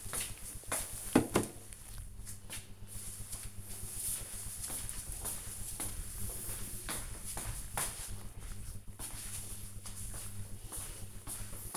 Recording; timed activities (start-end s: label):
household activities, microphone on the right wrist
0.00-1.18 s: watering plant